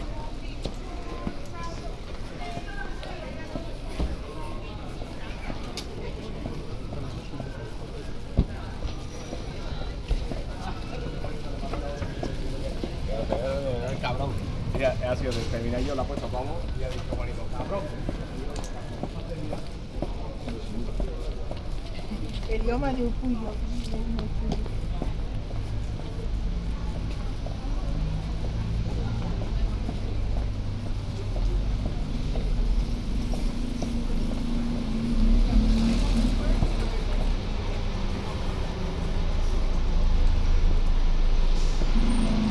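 A walk along Mansfield Road, Holywell Street and Broad Street, with people talking on and off throughout over a steady low rumble of traffic. Footsteps and occasional clatters come through, and a passing vehicle swells the low rumble louder near the end.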